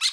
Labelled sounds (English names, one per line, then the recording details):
Brown-throated Parakeet contact call
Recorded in Bonaire
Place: 1 km E of roosting area just N of Seru Largu
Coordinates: 12.199, -68.268